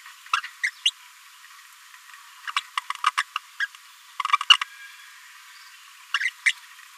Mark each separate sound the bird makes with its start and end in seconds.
0.33-0.36, 0.63-0.70, 0.85-0.90, 2.47-2.50, 2.56-2.60, 2.77-2.79, 2.90-2.92, 3.17-3.23, 3.60-3.66, 4.32-4.36, 4.50-4.53, 4.61-4.63, 6.14-6.18, 6.46-6.52